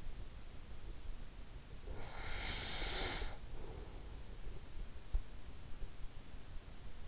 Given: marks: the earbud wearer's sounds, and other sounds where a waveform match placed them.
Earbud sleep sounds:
sounds in sleep by an in-ear microphone; snoring breath
1.80-4.41 s: snoring breath

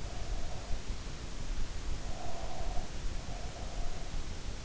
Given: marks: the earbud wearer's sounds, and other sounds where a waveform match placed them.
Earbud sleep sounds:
sounds in sleep by an in-ear microphone; breath
1.72-4.05 s: breath

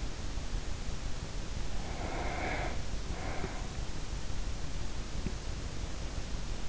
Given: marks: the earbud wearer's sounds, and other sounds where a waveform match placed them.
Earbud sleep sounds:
sounds in sleep by an in-ear microphone; breath
1.44-3.96 s: breath

